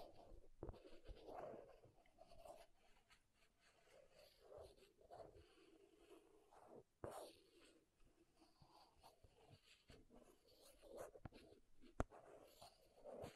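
Tapping and scratching on makeup containers, a busy, uneven run of small clicks and soft scraping strokes throughout. Sharp taps stand out near the start, around seven seconds and at twelve seconds, with quieter rustling between them.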